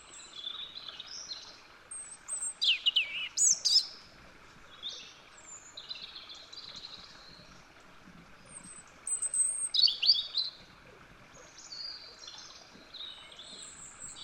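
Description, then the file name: European robin singing a series of high, tinkling warbled phrases with thin sliding whistles, pausing between phrases, over faint background hiss. "Erithacus rubecula"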